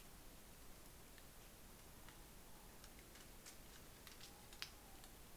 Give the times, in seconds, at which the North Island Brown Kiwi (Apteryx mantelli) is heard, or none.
none